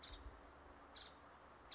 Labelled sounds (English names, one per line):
Nuttall's Woodpecker